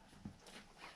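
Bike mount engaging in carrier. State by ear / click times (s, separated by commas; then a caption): not seated / none. A bike mount is handled against its carrier, with a brief low bump near 0.3 s and soft rustling through the rest of the second. The mount has not seated or clicked into the carrier yet.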